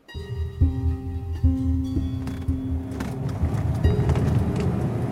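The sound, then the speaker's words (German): A car engine rumbles steadily as the vehicle drives toward the Weißer See, its hum stepping up in pitch a few times as if shifting gears, with road noise filling the low end and no voices. “Wir fuhren Richtung Weißen See.”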